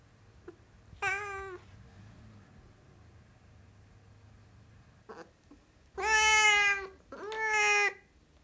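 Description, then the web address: Siamese cat giving harmonic meows: a faint chirp, one short cry, a faint chirp, then two loud meows close together near the end. "The BBC Sound Effects Library. Siamese Cat Meowing"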